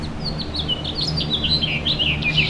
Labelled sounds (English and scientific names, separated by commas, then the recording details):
House Finch (Haemorhous mexicanus) song
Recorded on Long Island, New York, on 26 May 2012
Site OB
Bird A